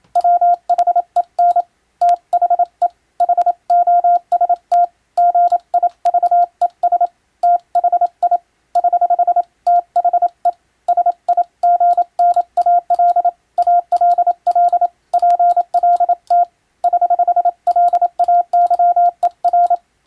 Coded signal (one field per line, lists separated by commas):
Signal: Morse code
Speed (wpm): 27 wpm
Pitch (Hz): 700 Hz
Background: radio noise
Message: WHEN THE HOST GIVES THI <HH> THE SIGNAL ALL PLT <HH>LAYER